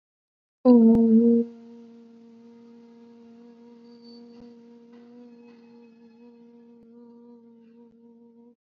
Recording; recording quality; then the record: sustained vowel as in boot; excellent, no background noise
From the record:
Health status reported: COVID-19 positive, no symptoms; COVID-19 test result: positive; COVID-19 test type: RT-PCR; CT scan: not taken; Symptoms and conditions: cold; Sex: female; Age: 20 years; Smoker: no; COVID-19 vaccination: both doses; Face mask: not worn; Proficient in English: yes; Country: India